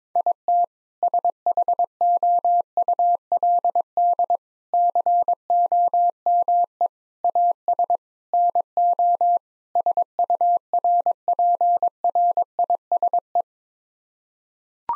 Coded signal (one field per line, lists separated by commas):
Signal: Morse code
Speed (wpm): 22 wpm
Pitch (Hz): 700 Hz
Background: none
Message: IT SHOULD COME AS NO SURPRISE